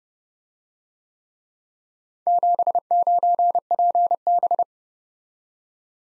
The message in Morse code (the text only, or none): 79PB